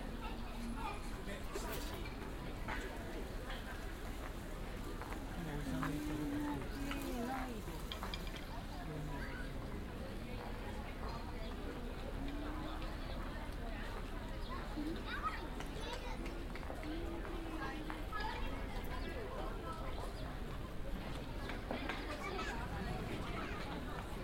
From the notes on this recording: A binaural field recording recorded in the Asakusa district of Tokyo, Japan